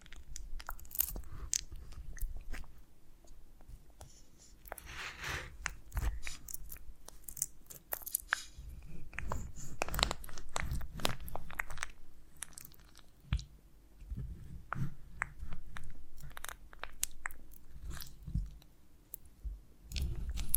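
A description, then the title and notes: Close, sticky biting and chewing of honeycomb, with frequent crisp crunches and wet squishes in an irregular rhythm over a low, quiet background. ASMR of a Honeycomb on Branch (No Talking).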